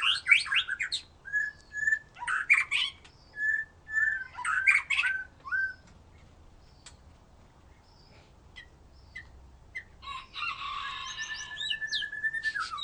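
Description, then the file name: White-rumped shama giving several loud repeated phrases, then a quiet stretch, then a buzzy burst ending in a long falling whistle. "murai batu"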